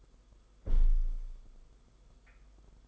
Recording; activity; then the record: daily activity, microphone in the room; close window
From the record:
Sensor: 5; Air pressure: 990.5 hPa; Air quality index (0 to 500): 164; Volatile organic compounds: 305 ppm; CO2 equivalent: 4492 ppm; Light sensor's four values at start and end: 17/41/17/18 and 17/41/17/18